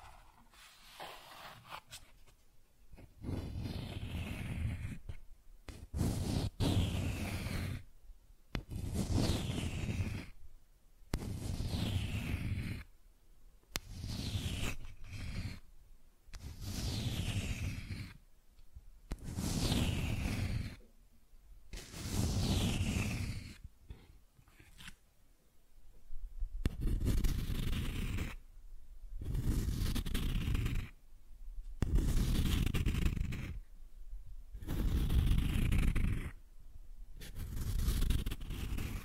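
Cardboard being scratched and torn in a steady series of rough, papery strokes, each lasting a second or two with short silent gaps between. Around fifteen strokes repeat at a fairly even pace, many ending in a brief falling swish.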